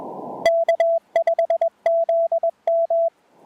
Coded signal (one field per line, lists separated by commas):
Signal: Morse code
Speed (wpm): 21 wpm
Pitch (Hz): 670 Hz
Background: radio noise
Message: K5ZM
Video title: QRP Band Hopping: Two-fer POTA at Parc national des Grands-Jardins